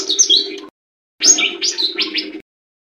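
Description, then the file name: Leafbird singing two quick bursts of warbled, chattering notes, high and lively, with a short pause between them. "cucak hijau mini. omkicau"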